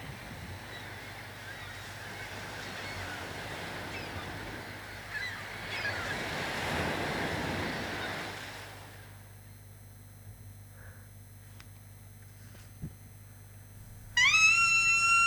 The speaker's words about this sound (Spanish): Cuando lo chocan, las olas, está claro que son las olas.